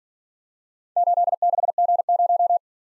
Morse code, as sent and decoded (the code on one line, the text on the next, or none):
---.. -.... --. -----
86G0